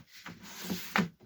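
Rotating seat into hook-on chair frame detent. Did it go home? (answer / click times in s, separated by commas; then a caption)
yes / 1.0 s. The seat of a Chicco FastLock 360 hook-on chair is rotated with two hands to face the front, giving a rubbing, scraping sound with a smaller knock at 0.3 s. At 1.0 s it clicks sharply into its detent and locks in position.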